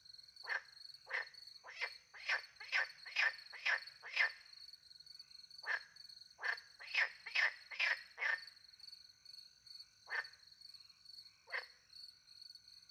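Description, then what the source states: Frog croaks in quick runs of about two per second, then scattered single notes, with crickets trilling steadily throughout. Frogs with crickets at night in countryside beside a little pond in France; microphones hidden in a tree, two Usi Pro microphones into a MixPre-10 II recorder.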